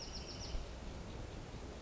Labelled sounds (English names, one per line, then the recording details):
Bewick's Wren
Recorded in Sonoma County, California